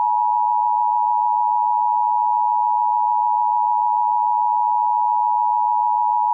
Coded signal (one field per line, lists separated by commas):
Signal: Emergency Alert System (SAME) tones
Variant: 853 and 960 Hz attention tone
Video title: EAS Scenario #7: Great Terror Attack of The 🇬🇧.